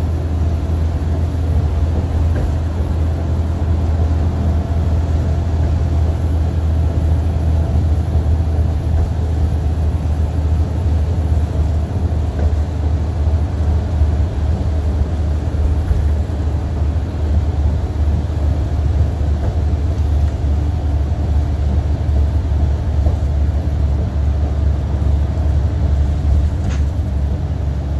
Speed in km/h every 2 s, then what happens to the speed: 98, 97, 97, 95, 93, 93, 92, 92, 90, 89, 89, 85, 85, 85.
0-28 slows to 85.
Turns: none.